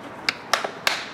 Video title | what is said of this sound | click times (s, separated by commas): How to Replace Air Filter Ford F-150 2011-2014 3.5L EcoBoost - NO TOOLS NEEDED! | in here, and put these clips back into their home until we can hear those clip. | 0.3 s, 0.5 s, 0.9 s